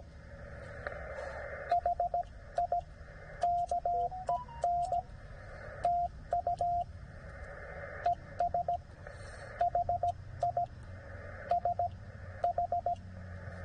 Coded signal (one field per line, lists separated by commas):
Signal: Morse code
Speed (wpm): 17 wpm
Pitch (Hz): 700 Hz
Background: radio noise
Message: HI KEN TU ES HI SH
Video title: K-3783 POTA in CW 6 OCT 2023